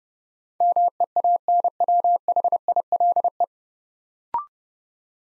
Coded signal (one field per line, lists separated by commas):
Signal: Morse code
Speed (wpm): 30 wpm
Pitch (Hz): 700 Hz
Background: none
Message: MEANWHILE